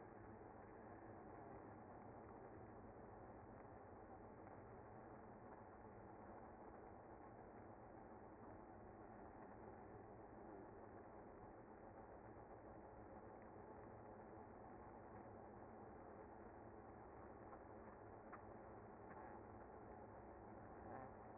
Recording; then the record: honeybee colony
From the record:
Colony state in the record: active